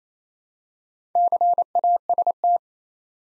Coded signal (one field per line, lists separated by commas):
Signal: Morse code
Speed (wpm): 29 wpm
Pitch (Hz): 700 Hz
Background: none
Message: CAST